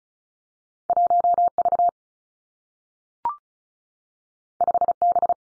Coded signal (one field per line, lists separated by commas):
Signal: Morse code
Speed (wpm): 36 wpm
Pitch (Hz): 700 Hz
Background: none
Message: 1 V 5 B